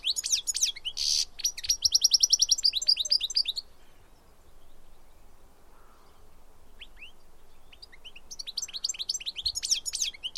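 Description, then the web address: Bird chirping in high rapid trills and chattering notes, a quieter stretch of several seconds with only scattered chirps, then dense high chirps resume. "Deverinetal"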